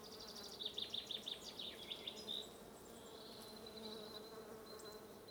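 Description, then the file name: Bees hum a constant low buzz while a bird gives a quick series of chirps early on. "buzzing bees"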